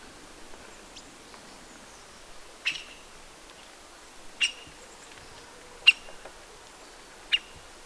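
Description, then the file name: Syrian woodpecker giving sharp, abrupt single call notes, four calls spaced about one and a half seconds apart over a faint hissing background. "Koshlar tavyshy - Tukran Dendrocopos syriacus"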